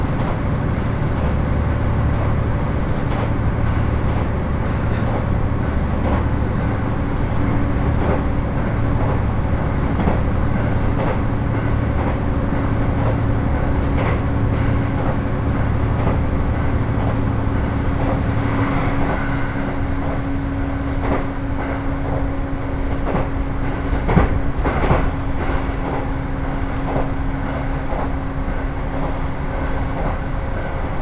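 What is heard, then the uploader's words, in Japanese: A HB-E210 series hybrid diesel railcar runs on the Senseki-Tohoku Line rapid service, heard as a steady low rumble with a droning engine hum. Faint rail clicks recur throughout, and around 18 seconds the engine tone shifts pitch, with a brief louder clatter near 24 seconds. 仙石東北ライン快速 石巻→高城町。帰りは仙石東北ラインの快速に乗ります。ハイブリッド気動車HB-E210系。４両編成。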